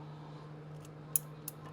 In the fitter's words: I think that's it. I heard it pop.